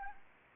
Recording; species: mosquito wingbeat signal from an infrared sensor; Anopheles arabiensis